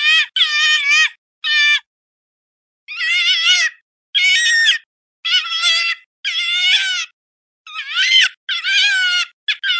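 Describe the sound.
Fox calls: a series of wavering, high-pitched wails in bursts of about a second or less, separated by short silences.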